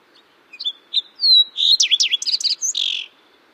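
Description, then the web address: Fox Sparrow song: a rich, varied phrase of clear whistles, slurred notes and buzzy trills lasting about two and a half seconds, sung against a quiet background. Western North American bird. "Songs of Birds of North America Know Your Bird Sounds Common Western Species. Fox Sparrow"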